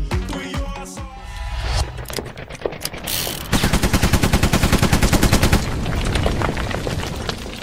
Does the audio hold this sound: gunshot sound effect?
yes